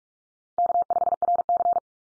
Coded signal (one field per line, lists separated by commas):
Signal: Morse code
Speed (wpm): 44 wpm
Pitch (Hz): 700 Hz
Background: none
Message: K5RC